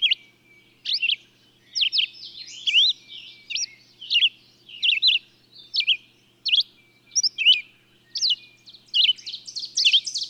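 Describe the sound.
Bird song of sharp, slurred high chirping notes in short repeated bursts, with a faint low hum beneath.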